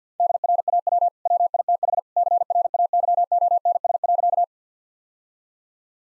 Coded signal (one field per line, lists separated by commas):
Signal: Morse code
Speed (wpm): 50 wpm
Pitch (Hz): 700 Hz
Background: none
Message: DRAW WITH CRAYONS.